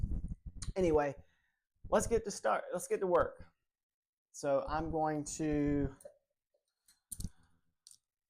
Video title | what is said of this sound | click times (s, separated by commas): I'm Painting my Pets Live! (Part 1) | the beauty of it as well because boom snaps right in place | 0.6 s